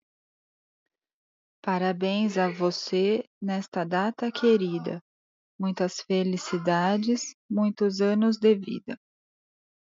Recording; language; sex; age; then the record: short text; Brazilian Portuguese; female; 30 to 39 years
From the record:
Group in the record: control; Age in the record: 39 years